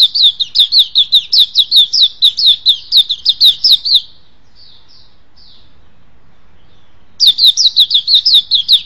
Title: Kicau Kacer